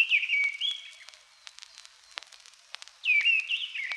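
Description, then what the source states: Mistle Thrush song, two loud whistled phrases, one at the start and one after a pause, with faint clicks between. Heard occasionally in old pine forest; a beautiful song.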